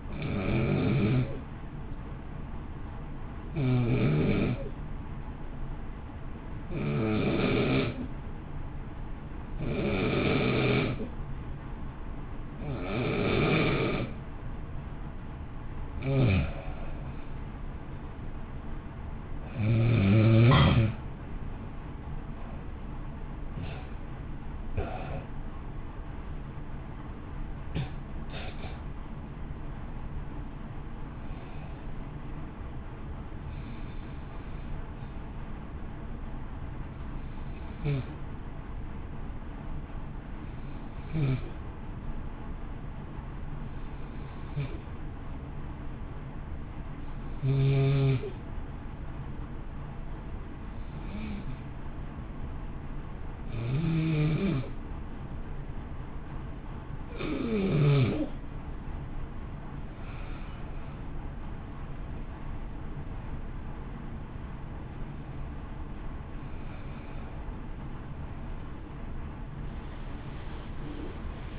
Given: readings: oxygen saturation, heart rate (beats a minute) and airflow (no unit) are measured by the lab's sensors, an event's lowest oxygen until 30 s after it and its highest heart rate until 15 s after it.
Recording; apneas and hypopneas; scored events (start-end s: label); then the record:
breathing in sleep by a smartphone at the bedside; 2
3.00-21.30 s: hypopnea (N2, oxygen 93% highest, then 83% lowest, heart rate 53 at the start, 64 highest)
20.00-71.59 s: new sleep stage, N1 (lightest sleep)
39.00-63.20 s: hypopnea (N1, oxygen 95% highest, then 89% lowest, heart rate 51 at the start, 60 highest)
From the record:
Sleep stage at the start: N2 (light sleep); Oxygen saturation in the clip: 83 to 95%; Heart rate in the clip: 50 to 64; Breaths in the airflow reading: 21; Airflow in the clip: -1.1 to 1.8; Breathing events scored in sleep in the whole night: 328 in 6.3 hours asleep